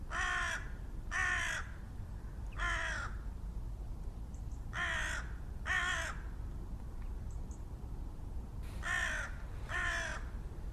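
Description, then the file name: Carrion crow giving rough, grating caws, mostly in pairs with short gaps between sets, against constant low background rumble and a few faint high ticks. "Corvus corone"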